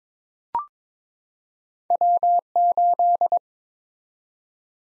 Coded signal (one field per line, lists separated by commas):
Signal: Morse code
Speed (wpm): 22 wpm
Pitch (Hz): 700 Hz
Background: none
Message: W8